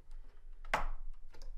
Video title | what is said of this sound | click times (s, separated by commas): How to add extra storage to your PS5 | there we go and here pop into place and it should have a little bit of give | 0.7 s